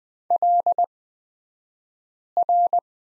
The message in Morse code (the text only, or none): LR